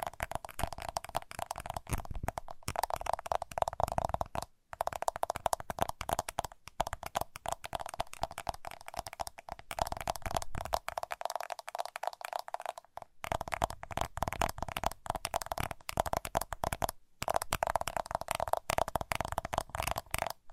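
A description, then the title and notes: Fast tapping runs almost continuously in dense, rapid clicks, with a bright ringing tone underneath and a few brief silent gaps. ASMR 1 Hour Fast Tapping for Sleep (No Talking).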